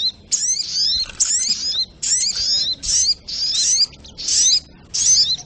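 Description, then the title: Spiderhunter singing short, dense phrases of sharp, high chirps and slurred whistles, one burst following another after short gaps. Training audio (masteran); labelled Labaik. "Sogok Ontong Labaik"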